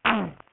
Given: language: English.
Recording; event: throat vibration sensor signal played as sound; throat clearing